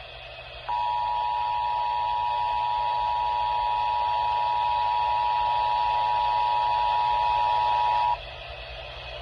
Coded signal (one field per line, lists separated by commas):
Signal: Emergency Alert System (SAME) tones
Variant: 853 and 960 Hz attention tone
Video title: OH GREAT ONLY ONE FOR SVR... EAS Alerts from 7/12/25 (EAS#4,279 - #4,294)